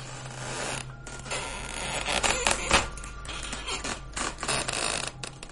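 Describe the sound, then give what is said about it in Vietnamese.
A wooden cabinet door creaks open slowly at night, a long series of scratchy, grinding creaks that rise and fall in bursts over a low steady hum, with no voices. “Cánh cửa tủ từ từ mở ra, vang lên những tiếng kẹt kẹt kẹt kẹt trong đêm, đến buốt cả người.”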